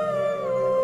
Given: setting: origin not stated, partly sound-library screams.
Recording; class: one-second piece from a danger detection set; normal situation